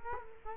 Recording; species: mosquito wingbeat signal from an infrared sensor; Culex quinquefasciatus